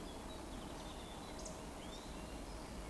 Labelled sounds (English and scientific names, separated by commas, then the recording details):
Eurasian Woodcock (Scolopax rusticola) whistle
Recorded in Baden-Württemberg, Germany, on 12 June 2020 at 20:00 UTC
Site 14569, 102 m above sea level